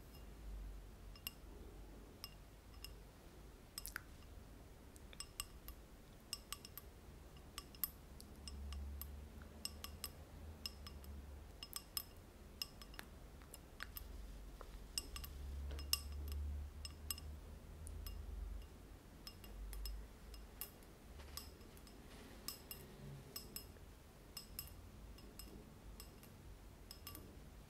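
Tapping and scratching on glass and other objects, with frequent sharp clinks scattered irregularly over a low, soft rumble that swells around eight and sixteen seconds.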